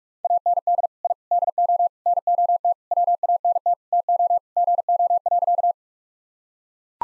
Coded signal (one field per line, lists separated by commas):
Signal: Morse code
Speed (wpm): 44 wpm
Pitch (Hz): 700 Hz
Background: none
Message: AND I DO NOT WANT TO GO.